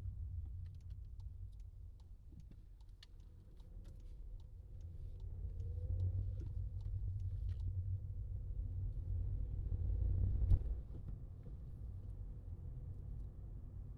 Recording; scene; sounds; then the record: everyday scene through a hearing-aid microphone; in a vehicle; engine, rumble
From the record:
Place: Skoda Fabia, gasoline engine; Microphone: in the ear canal, left